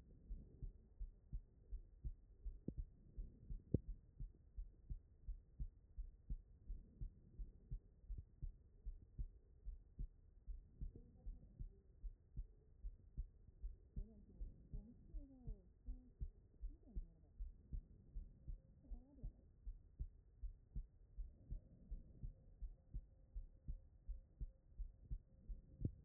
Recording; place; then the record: heart sounds by stethoscope; pulmonary valve (PV)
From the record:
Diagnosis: non-HFrEF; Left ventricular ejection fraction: 59%